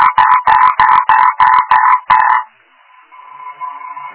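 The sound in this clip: Frog croaking in a fast run of several harsh, pulsed bursts over about two and a half seconds, then a fainter, drawn-out tone.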